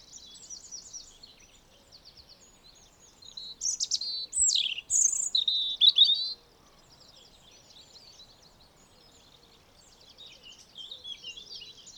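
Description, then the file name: European robin song: a burst of high, thin warbling and sweeping whistled notes in the middle, with quieter high twittering before and after. "Erithacus rubecula"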